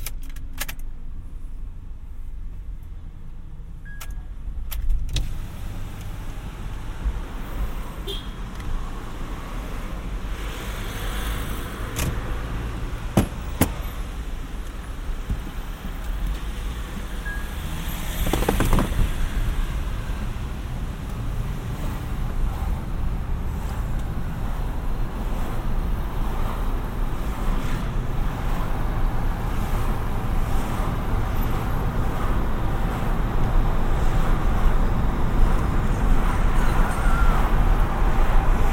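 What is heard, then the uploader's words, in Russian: Car sounds: a low, steady rumble that grows gradually louder and denser, with sharp clicks and knocks early on and a brief swell near nineteen seconds. 3D прогулка по Сочи.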